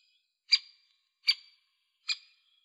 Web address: Dendrocopos major